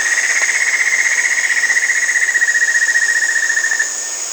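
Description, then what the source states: White-necked puffbird trill, a long, even, rapidly pulsed high note held for nearly four seconds over a steady, shrill insect drone. South America.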